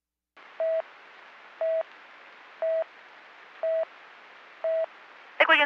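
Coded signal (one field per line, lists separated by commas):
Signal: none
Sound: radio talk-permit beeps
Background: speech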